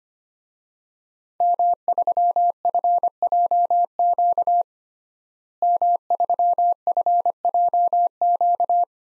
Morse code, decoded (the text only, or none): M3FJQ M3FJQ